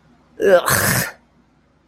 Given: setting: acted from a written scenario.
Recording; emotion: vocal sound without words; disgust